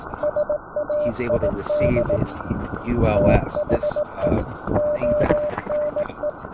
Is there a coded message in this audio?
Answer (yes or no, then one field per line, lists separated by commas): yes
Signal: Morse code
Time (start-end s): 0.2-6.3 s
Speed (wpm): 18 wpm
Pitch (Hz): 600 Hz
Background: speech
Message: SAID THE ONE